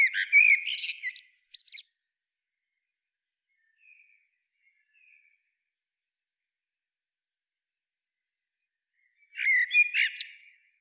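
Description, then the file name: Common blackbird song phrase of rich whistled notes and high squeaky flourishes, then near silence with faint notes, before another warbled phrase begins near the end. "Turdus merula"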